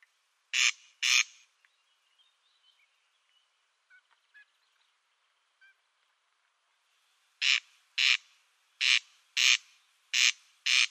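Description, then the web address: Corn crake rasping double notes, one pair, then a few seconds of faint ticks, then three more pairs in a regular rhythm. Display call. "Schulze Peter Corn Crake display"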